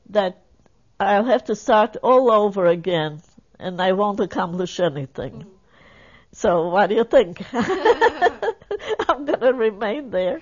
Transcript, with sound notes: that I'll have to start all over again and I won't accomplish anything, so what do you think? (They laugh.) I'll remain there,